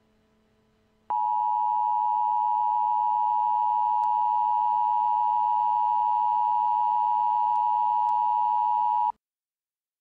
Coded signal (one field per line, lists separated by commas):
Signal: Emergency Alert System (SAME) tones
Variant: 853 and 960 Hz attention tone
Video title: EAS | Nuclear Attack Scenario #4